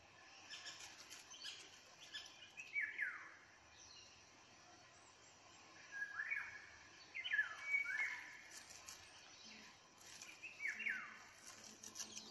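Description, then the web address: Eurasian jay song: several downward-sweeping slurred notes in loose groups. "geai chant"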